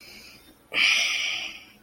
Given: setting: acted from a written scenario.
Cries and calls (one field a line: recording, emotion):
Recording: vocal sound without words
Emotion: shame